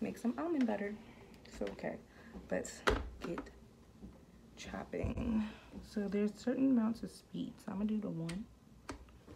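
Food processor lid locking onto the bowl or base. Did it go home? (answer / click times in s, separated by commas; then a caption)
yes / 8.9 s. Someone talks while getting ready to run a food processor, then locks its plastic lid or bowl into place on the base. A sharp click sounds at 8.9 s, with a fainter tick just after, and the lid is locked.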